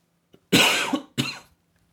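Two harsh, noisy cough bursts in quick succession from an adult, the first longer; a plain cough.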